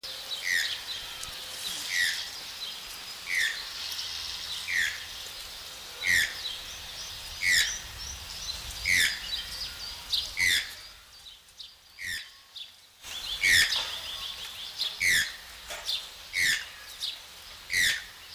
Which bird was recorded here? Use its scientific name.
Ramphastos vitellinus